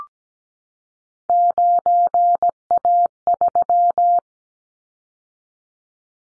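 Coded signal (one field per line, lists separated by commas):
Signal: Morse code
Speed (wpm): 17 wpm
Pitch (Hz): 700 Hz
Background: none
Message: 9A3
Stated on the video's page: Morse drill of callsign prefixes for the top 25 DXCC entities at 17 wpm, each sent, spoken, then sent again.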